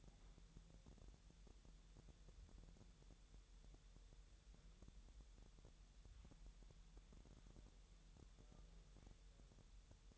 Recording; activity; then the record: daily activity, microphone in the room; wipe stove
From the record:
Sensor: 3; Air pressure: 1000.9 hPa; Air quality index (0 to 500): 248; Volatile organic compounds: 176 ppm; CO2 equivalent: 4127 ppm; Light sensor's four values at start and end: 12/29/12/12 and 12/29/12/12